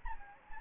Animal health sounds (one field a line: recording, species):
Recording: mosquito wingbeat signal from an infrared sensor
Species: Anopheles gambiae